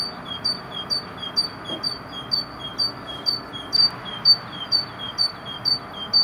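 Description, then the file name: Great tit singing a bright two-note phrase, a high note then a lower one, repeated rapidly and evenly throughout against quiet background hiss. "Parus major"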